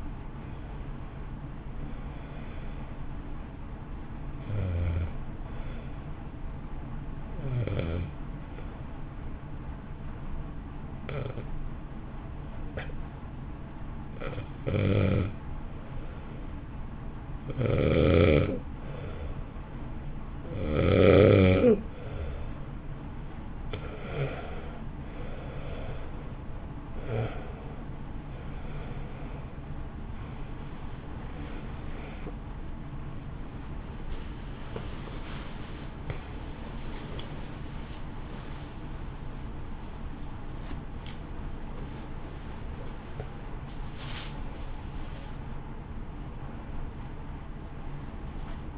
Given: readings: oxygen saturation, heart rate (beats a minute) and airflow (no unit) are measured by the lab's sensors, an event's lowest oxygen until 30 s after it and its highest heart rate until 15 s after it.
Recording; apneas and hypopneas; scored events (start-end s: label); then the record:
breathing in sleep by a smartphone at the bedside; 1
3.00-33.00 s: new sleep stage, N1 (lightest sleep)
4.00-27.40 s: hypopnea (N1, oxygen 95% highest, then 89% lowest, heart rate 53 at the start, 67 highest)
33.00-48.78 s: new sleep stage, awake
34.00-48.78 s: awake
From the record:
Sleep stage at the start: N2 (light sleep); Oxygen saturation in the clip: 85 to 95%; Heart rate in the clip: 52 to 67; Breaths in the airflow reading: 11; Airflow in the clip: -3.6 to 4.8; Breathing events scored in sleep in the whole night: 328 in 6.3 hours asleep